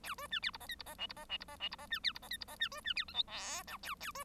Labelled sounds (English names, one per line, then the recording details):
Bengalese Finch song
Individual Bird1